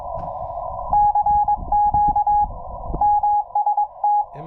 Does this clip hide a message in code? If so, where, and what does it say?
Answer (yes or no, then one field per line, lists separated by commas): yes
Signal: Morse code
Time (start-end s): 0.9-4.2 s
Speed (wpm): 22 wpm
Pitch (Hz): 830 Hz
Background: speech, radio noise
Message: CQ MST